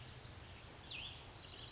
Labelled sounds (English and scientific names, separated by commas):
Cassin's Vireo (Vireo cassinii)